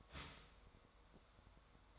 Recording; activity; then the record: daily activity, microphone in the room; start toaster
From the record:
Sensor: 3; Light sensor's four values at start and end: 4/10/4/4 and 4/10/4/4